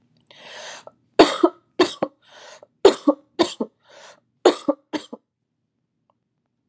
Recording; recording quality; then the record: heavy voluntary cough; excellent, no background noise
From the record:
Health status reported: exposed to COVID-19, no respiratory illness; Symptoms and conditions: none ticked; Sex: female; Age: 29 years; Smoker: not ticked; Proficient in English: yes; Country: United States